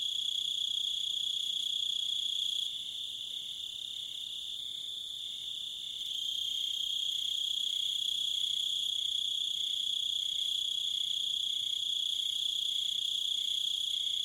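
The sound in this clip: Cricket song, an unbroken high shrill trill with a short dip in volume, accompanied by soft repeated pulsing chirps at a lower pitch.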